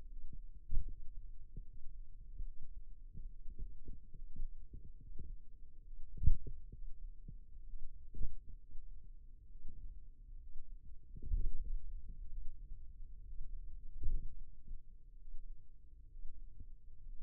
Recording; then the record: forearm muscle sounds (acoustic myography)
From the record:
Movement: finger pinch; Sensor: system 2, bracelet of six BSWA MPA416 microphones around the upper forearm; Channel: 6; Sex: male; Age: 22 years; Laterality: right